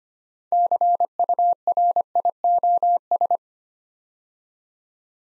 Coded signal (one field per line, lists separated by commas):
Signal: Morse code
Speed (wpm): 25 wpm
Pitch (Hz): 700 Hz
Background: none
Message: CURIOS